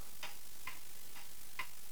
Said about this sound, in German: Diese Stille. Nur das Ticken der Uhr.